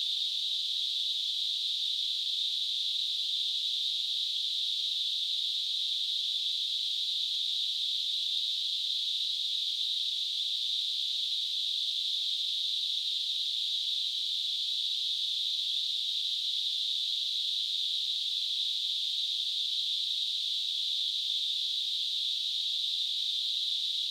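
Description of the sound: Simulated tinnitus: a steady, unbroken narrowband hiss centered around 3 to 4 kHz, holding at a constant level throughout.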